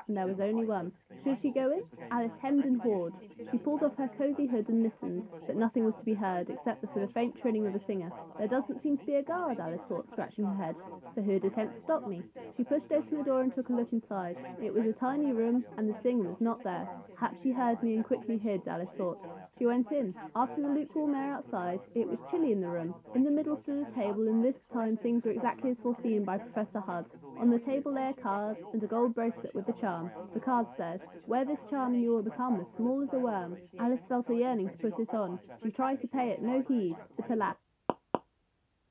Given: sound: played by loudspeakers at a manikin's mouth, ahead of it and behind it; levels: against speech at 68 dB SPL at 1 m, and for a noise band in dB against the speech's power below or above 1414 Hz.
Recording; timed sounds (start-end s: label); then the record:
test signals for a remote microphone
0.00-37.52 s: woman speaking, babble ahead at +6 dB SNR for speech at 1 m
37.90 s: click
38.15 s: click
From the record:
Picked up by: measurement microphone